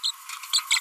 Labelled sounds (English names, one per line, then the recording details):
Green-rumped Parrotlet babbling
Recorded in a nest box in Venezuela
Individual 18B25A3